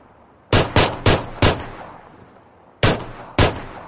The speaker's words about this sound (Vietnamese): anh ta đã thu súng lại, tùy ý nhắm thẳng bia mà bắn.